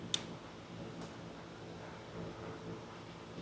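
A plastic cap is pressed back onto an engine harness connector after the wires are spread and aligned. A single sharp click is heard at 0.1 s, followed by quiet background noise and faint ticks. The cap is seated.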